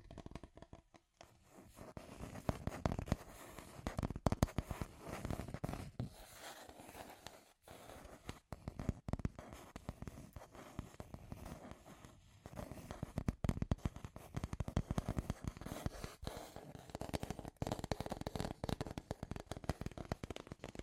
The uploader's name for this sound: Scratchy Tapping